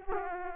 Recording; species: mosquito wingbeat signal from an infrared sensor; Aedes aegypti